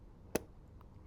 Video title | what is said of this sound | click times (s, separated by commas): Insulin pens | okay, listen for the click. | 0.4 s